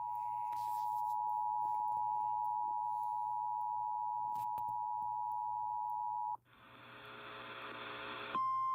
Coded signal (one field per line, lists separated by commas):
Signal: Emergency Alert System (SAME) tones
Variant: 853 and 960 Hz attention tone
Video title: WASN'T ANTICIPATING AN EVI, BUT I GOT IT... EAS Alerts from 4/27/25 (EAS 5,718 - 5,737)